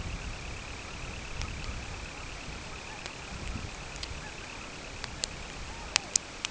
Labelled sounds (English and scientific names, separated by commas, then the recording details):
Semipalmated Sandpiper (Calidris pusilla), unidentified sound
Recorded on Arctic tundra, site CORI-1, on 12 June 2018
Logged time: 08:00